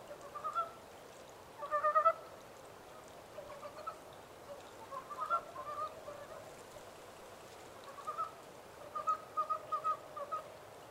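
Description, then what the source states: Montane brown frog chorus: rattling bursts of rapid croaks, a louder cluster near the start, then several more groups of pulses at irregular intervals. 14 April 2010.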